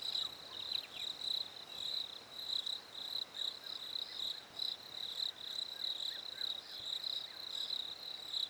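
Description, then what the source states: Crickets trill in high, pulsed bursts, with a few faint, falling bird calls near the start. Recorded at a lake in winter; birds also present.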